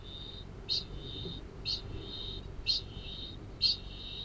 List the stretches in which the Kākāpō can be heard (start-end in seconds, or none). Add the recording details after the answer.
0.00-4.25. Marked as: faintness 3/5. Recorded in New Zealand. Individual Arab